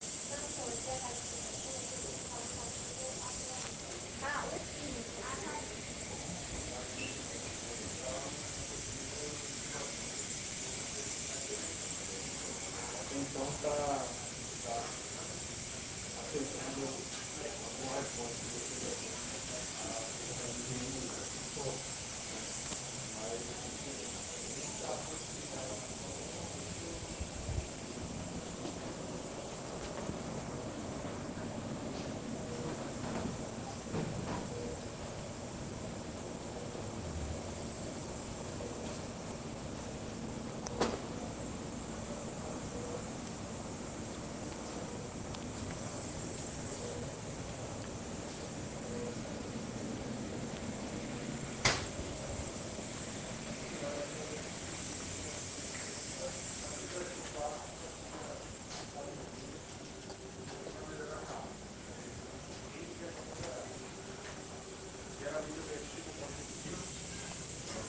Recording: hospital ward noise